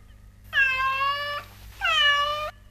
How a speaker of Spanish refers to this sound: ¡Gato!